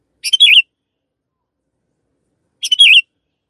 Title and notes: Kicauan Kenari Durasi Panjang. Masteran Burung Lengkap